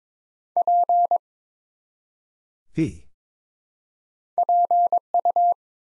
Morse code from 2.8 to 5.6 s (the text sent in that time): PU